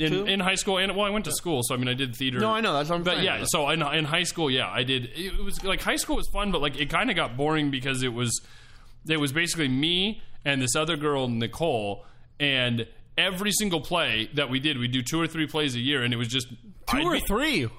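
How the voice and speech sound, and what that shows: One adult man talks casually about doing high-school plays, with fluent conversational speech and brief pauses.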